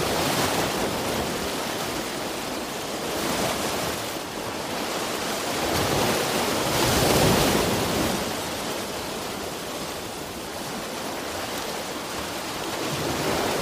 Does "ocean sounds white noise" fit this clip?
yes